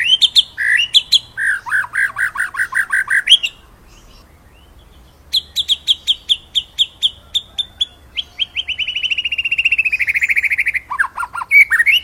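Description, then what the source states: White-rumped shama singing rapid repeated chattering notes, a brief pause, then fast rattling trills and a smooth whistled phrase ending in a downslurred flourish. Masteran training song for songbirds; full rolling song.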